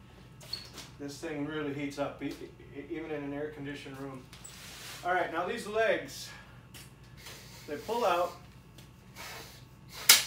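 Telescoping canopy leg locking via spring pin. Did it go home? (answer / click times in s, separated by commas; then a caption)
yes / 10.1 s. Someone talks while a canopy's telescoping metal leg is pulled out. At 10.1 s, its spring pin clicks into a height hole at the extension stop, and the leg locks in place.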